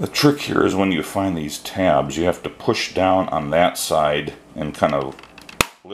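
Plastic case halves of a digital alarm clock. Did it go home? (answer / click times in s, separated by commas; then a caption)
yes / 5.6 s. Someone talks while reassembling the plastic case halves of a SVINZ model SDC008 "Alarm Day Clock" digital alarm clock after repairing its upside-down and reversed display fault, pushing down on one side of the case and lifting the other. After a couple of faint ticks, a sharp, loud click at 5.6 s marks the retaining tabs snapping into place, and the case is seated.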